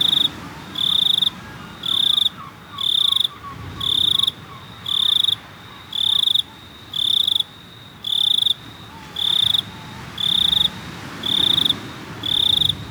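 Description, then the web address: Cricket chirping in high, buzzy pulses, each burst lasting about half a second and repeating roughly once per second, steady throughout over a faint low background rumble. "best service Blue Box animals crickets 1"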